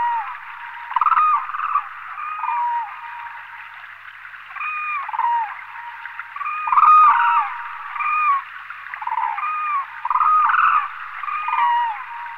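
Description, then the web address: Demoiselle crane calling: many overlapping hoarse honks and short trumpeting notes in loose bursts throughout, over an even hiss. "anthropoides virgo"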